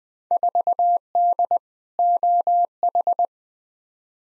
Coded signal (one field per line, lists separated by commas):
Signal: Morse code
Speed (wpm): 20 wpm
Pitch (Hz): 700 Hz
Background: none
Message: 4D OH